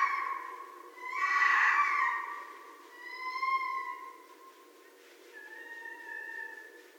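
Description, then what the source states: Red fox calls: a harsh rasping scream, then two shorter tonal whining cries with clear harmonics. Recorded in 2012.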